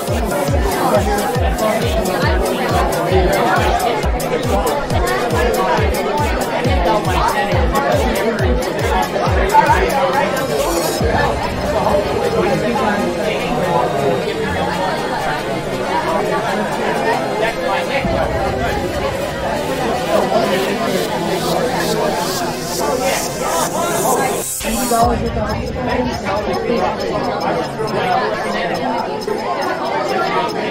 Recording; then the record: background sound without coughing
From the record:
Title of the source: Nightlife Party Simulating Party Club Noise 1 Hour